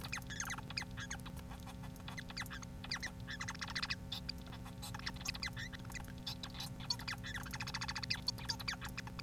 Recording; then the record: song of a male Bengalese finch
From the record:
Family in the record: son of father 4